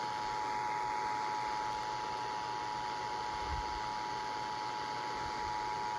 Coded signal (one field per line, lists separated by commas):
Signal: Emergency Alert System (SAME) tones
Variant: 853 and 960 Hz attention tone